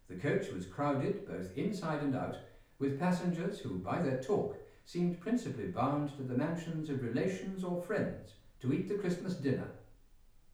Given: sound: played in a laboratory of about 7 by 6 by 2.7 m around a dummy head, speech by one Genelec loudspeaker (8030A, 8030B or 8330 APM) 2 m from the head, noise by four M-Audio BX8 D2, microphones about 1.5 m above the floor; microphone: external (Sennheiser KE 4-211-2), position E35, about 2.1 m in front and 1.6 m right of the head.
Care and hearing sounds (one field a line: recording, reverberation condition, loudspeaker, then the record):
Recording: male speech in English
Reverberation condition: medium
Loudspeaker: behind (180 degrees)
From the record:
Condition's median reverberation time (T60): about 510 ms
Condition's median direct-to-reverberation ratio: about -0.5 dB